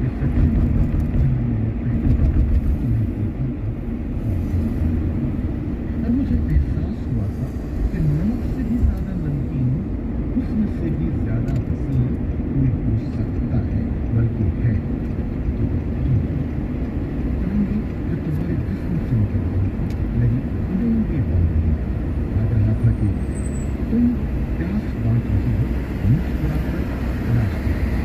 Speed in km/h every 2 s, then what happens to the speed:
60, 46, 38, 38, 40, 40, 40, 41, 43, 45, 47, 52, 55, 57.
0-4 brakes to 38. 4-15 steady at about 40. 15-28 speeds up to 57.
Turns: 6-15.